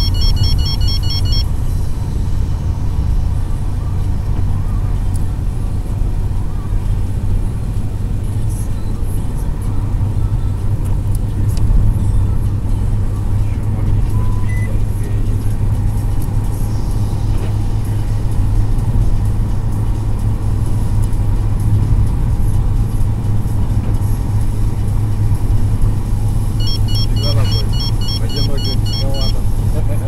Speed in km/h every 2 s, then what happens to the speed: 91, 91, 93, 95, 96, 98, 101, 103, 104, 104, 104, 104, 104, 104, 104.
0-16 speeds up to 104. 16-30 steady at about 104.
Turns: none.